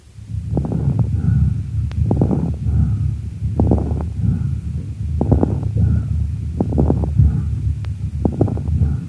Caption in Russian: Крепитация, в отличие от хрипов, не изменяется после покашливания.